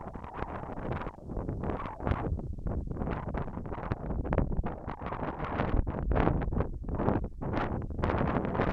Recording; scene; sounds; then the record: everyday scene through a hearing-aid microphone; wind on the microphone; wind, whistling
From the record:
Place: in front of a rural house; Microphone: behind the ear, left, rear